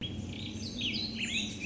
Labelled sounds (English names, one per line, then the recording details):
Warbling Vireo
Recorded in Sonoma County, California